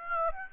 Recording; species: mosquito wingbeat signal from an infrared sensor; Aedes aegypti